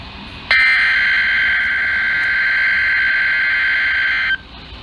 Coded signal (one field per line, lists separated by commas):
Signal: Emergency Alert System (SAME) tones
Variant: header bursts